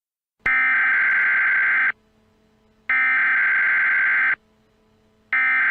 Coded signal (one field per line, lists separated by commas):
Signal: Emergency Alert System (SAME) tones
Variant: header bursts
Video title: Nuclear Missile EAS Scenario: "Third Strike"